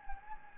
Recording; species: mosquito wingbeat signal from an infrared sensor; Anopheles gambiae